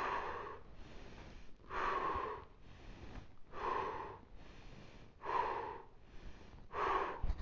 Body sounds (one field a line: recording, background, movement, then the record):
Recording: deep breathing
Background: quiet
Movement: sitting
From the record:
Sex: male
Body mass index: 22.0 kg/m2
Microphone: on the chest, facing outward